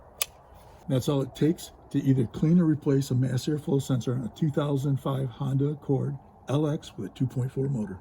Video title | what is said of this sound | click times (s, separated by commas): How to Replace Mass Airflow Sensor Honda Accord | Gotta listen for it to click, make sure it's properly secured. | 0.2 s